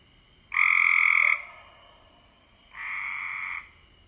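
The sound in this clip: Cope's gray treefrog: a loud buzzy trill followed after a pause by a quieter second trill, both short and harsh.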